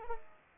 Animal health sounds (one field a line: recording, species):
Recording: mosquito wingbeat signal from an infrared sensor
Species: Culex pipiens